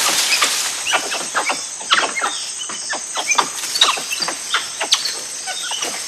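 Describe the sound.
Tufted capuchin calls: rapid, sharp squeaky chirps and short squeals, several per second throughout, over a steady high-pitched insect drone.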